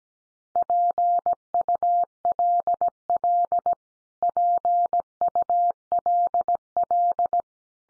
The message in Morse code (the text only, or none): PULL PULL